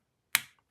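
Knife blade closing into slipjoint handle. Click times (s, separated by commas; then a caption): 0.4 s. A slipjoint knife blade is closed into its steel handle and seats with a single dull thud at 0.4 s that fades within about 0.15 s. The close is never really satisfying and always comes out as this kind of dull thud. Two faint ticks follow at 0.6 and 0.7 s.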